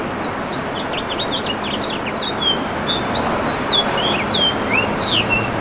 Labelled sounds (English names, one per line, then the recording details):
House Finch song
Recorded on Long Island, New York, on 21 June 2011
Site IT
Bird B